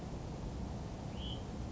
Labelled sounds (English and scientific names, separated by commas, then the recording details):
Hutton's Vireo (Vireo huttoni)
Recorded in Sonoma County, California